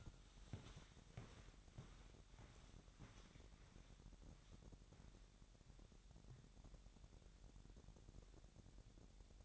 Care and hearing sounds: daily activity, microphone in the room; walk to room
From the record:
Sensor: 3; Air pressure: 1012.2 hPa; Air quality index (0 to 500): 138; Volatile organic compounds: 2 ppm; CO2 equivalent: 1062 ppm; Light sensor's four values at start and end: 45/96/44/45 and 146/351/145/136

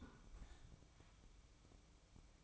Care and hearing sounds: daily activity, microphone in the room; close fridge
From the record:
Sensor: 1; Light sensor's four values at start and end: 12/30/12/14 and 12/30/12/14

